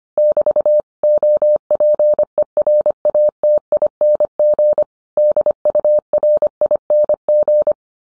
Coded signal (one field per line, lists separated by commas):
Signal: Morse code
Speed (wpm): 25 wpm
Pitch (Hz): 600 Hz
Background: none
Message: <BT> OPERATING DURING